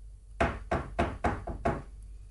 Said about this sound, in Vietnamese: Tiếng gõ cửa vẫn không ngừng vang lên. Mỗi một tiếng gõ chui vào trong tai tôi, tôi đều cảm thấy trái tim của mình đang run lên dữ dội.